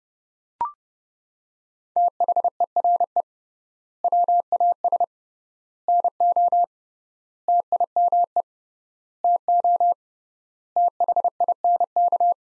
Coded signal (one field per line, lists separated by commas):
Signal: Morse code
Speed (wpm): 30 wpm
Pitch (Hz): 700 Hz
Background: none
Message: THERE WAS NO TIME TO THINK